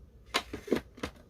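The plastic dust bin of a Dyson V7, V8, V10 or V11 cordless stick vacuum is lined up at its bottom lip with the red marker and slid back onto the body, giving four short plastic knocks and scrapes around 0.4, 0.5, 0.7 and 1.0 seconds. The bin has not clicked into place or seated yet.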